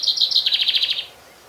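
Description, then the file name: Common Chaffinch song fragment: a quick run of bright repeated notes stepping down in pitch, ending sharply after about one second. "Fringilla coelebs"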